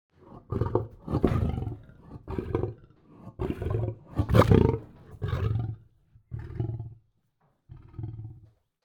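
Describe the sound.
Lion making low, breathy sniffs and huffs in short irregular bursts, several in a row, then quieter final huffs after a pause.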